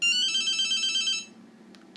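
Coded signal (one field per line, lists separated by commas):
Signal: none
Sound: phone ringtone melody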